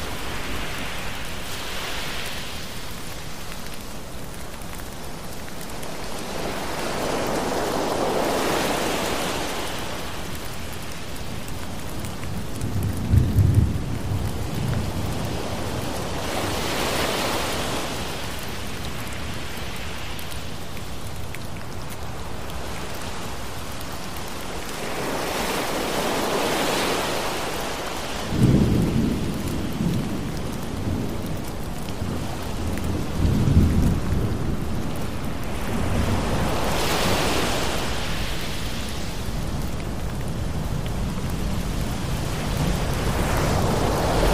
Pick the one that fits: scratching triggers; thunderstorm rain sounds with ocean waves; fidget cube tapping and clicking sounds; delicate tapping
thunderstorm rain sounds with ocean waves